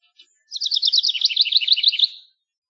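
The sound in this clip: House wren song, one energetic burst of rapid chattering notes tumbling from high to slightly lower pitch over almost two seconds.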